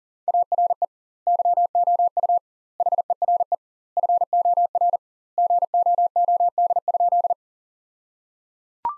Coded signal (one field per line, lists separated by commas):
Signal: Morse code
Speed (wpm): 37 wpm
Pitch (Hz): 700 Hz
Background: none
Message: ARE YOU HERE FOR GOOD?